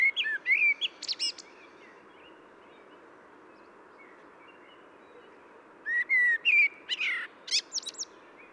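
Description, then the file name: Common blackbird warbling: fluty whistled notes with high, scratchy twittering endings, one phrase at the opening and another after a quiet gap, soft steady hiss throughout. "Turdus merula"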